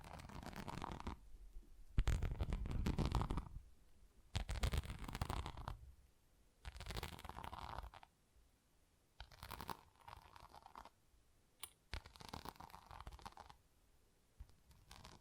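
Tapping and scratching on textured surfaces comes in bursts of one to two seconds, with brief quiet gaps between them. The sounds are dense and crackly, with deep rumbling thuds in the first six seconds and lighter, brighter scratches later.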